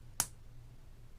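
A plastic snap-fit cap is pushed onto an inexpensive fountain pen and snaps in place with a single sharp click at 0.2 s, heard over a faint low hum. The cap seats quite securely, but the snap is not particularly satisfying and takes quite a bit of force.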